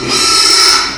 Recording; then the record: squeal of a Yucatan mini pig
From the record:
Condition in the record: after surgery on the right vocal fold (resection and tissue-engineered implant); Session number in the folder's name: 2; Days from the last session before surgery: 13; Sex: male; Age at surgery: 12 weeks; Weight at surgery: 13 kg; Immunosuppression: cyclosporine, prednisolone